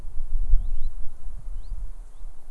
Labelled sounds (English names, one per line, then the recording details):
Common Chiffchaff
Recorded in Germany
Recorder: ecoPi